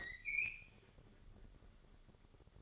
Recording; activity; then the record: daily activity, microphone in the room; open fridge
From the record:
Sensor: 4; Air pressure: 1008.5 hPa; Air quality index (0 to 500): 75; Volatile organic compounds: 1 ppm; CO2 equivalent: 633 ppm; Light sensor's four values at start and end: 13/30/12/13 and 13/30/12/13